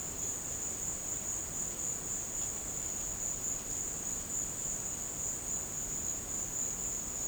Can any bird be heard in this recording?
no